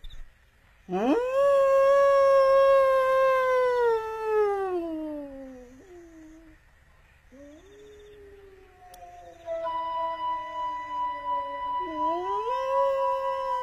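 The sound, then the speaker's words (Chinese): A man on the grassland gives long, drawn-out howls imitating a wolf, calling back to a wolf, each rising sharply then sliding slowly downward in pitch, with a brief pause between calls and a steadier, slightly wavering howl at the end. “这老伙计还来劲儿了，我再给他回两声。”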